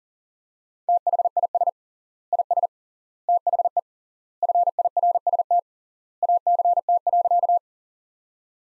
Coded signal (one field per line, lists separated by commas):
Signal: Morse code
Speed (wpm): 40 wpm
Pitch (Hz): 700 Hz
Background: none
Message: THIS IS THE FIRST ACT.